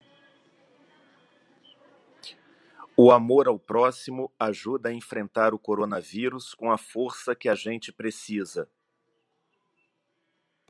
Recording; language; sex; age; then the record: spoken sentence; Brazilian Portuguese; male; 50 to 59 years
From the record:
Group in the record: control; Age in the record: 56 years